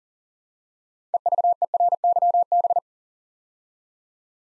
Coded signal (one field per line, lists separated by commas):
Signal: Morse code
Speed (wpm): 40 wpm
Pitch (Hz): 700 Hz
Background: none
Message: EVERYB